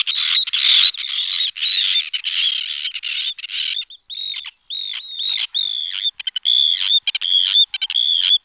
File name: Rybak dlouhoocasy Sterna paradisaea